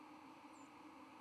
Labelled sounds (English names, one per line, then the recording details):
White-throated Sparrow flight call
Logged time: 09:33 on 31 October 2014